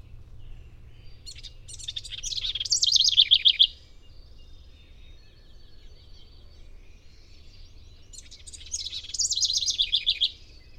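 Bird song, somewhat softer, given twice: each phrase starts with thin ticks and swells into a quick, wavering trill, with a long quiet gap between.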